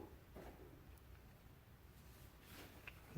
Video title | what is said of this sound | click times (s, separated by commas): Clothes Washing Machine Will Not Agitate FIXED #appliancerepair | got it there we go it snaps into place | 2.9 s